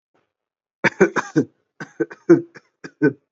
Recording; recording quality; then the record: shallow voluntary cough; poor, much background noise or distortion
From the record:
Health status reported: COVID-19 positive, mild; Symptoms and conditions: cough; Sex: male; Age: 24 years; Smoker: not ticked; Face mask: worn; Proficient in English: yes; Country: India